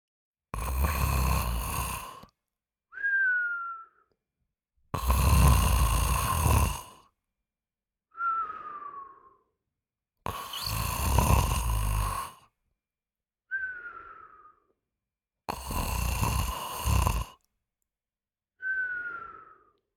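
An adult man snoring: four loud, rough, rumbling snores on the in-breath, each followed by a short whistling out-breath, repeating about every five seconds.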